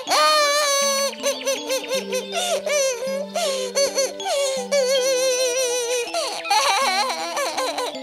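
A hedgehog crying over a spoiled present: a high, wavering wail rises and falls in long sobbing cries over a steady, stepping low musical tone, loud and continuous throughout.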